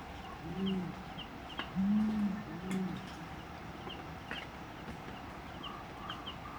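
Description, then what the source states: Brown fish owl hooting, a short series of three deep, low hoots early on, then quiet with thin high bird chirps and steady hiss. Male and female duetting; the two birds are separated into the left and right stereo channels.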